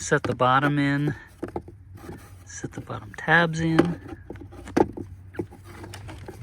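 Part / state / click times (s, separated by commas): black plastic cover over cabin filter access / not seated / none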